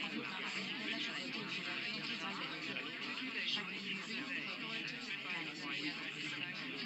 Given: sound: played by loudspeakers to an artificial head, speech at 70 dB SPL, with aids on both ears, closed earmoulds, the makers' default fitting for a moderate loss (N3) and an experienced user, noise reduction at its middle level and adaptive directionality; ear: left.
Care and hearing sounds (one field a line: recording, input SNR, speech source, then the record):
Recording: speech test signal (ISTS) in cocktail-party noise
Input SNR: -3 dB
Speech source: on the right (90 degrees)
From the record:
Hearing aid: class 1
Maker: D